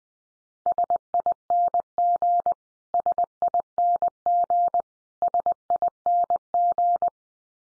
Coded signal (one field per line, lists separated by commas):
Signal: Morse code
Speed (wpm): 20 wpm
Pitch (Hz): 700 Hz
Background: none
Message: SING SING SING